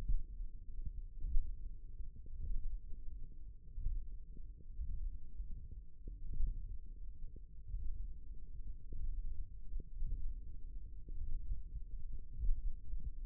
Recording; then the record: forearm muscle sounds (acoustic myography)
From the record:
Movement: thumb flexion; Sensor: system 1, eight BSWA MPA416 microphones around the upper forearm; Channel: 3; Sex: male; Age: 23 years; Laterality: right